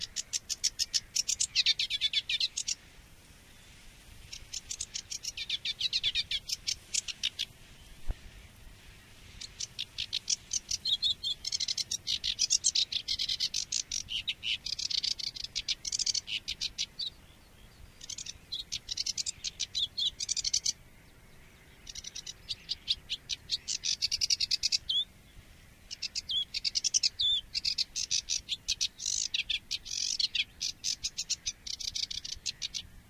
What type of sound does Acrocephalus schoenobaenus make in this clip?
song